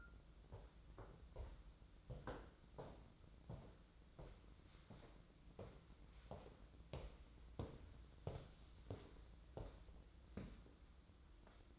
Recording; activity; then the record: daily activity, microphone in the room; walk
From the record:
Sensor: 3